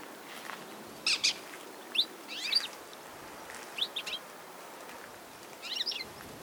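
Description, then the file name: European goldfinch calling with brief liquid chirps in small, irregularly spaced clusters, against faint steady background noise. "chardonneret elegant - carduelis carduelis"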